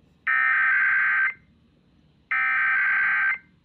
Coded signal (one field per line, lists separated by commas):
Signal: Emergency Alert System (SAME) tones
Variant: header bursts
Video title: Thankful Tests Tuesday (EAS #13971-13979) 11/21/23